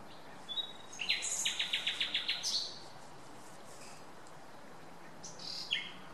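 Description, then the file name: Common nightingale song: a thin whistle leads into a fast run of about eight sharp repeated notes, then silence and a short high closing flourish. "Luscinia megarhynchos"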